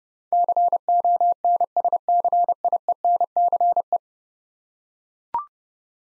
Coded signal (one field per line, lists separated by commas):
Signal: Morse code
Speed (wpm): 30 wpm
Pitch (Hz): 700 Hz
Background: none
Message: CONSCIENCE